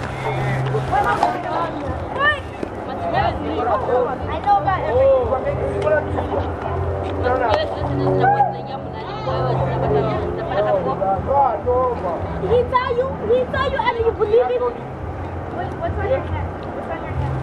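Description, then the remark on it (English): A steady low engine drone runs throughout as a bus moves along, with several overlapping passenger voices chattering continuously over it at a fairly loud, even level. “Yo, we just went in bus.”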